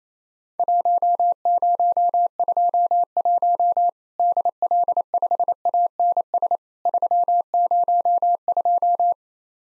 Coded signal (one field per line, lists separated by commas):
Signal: Morse code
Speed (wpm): 28 wpm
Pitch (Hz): 700 Hz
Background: none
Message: 1021 DL5ANS 302